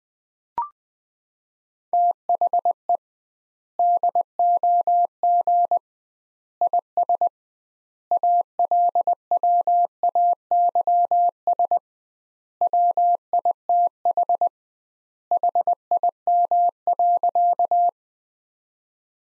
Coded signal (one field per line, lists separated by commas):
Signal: Morse code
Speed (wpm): 20 wpm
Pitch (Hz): 700 Hz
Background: none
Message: THE DOG IS ALWAYS WITH HIM.